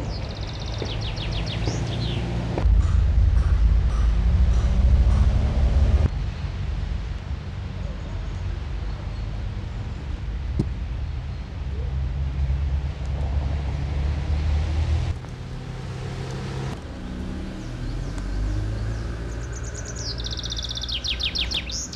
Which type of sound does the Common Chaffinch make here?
song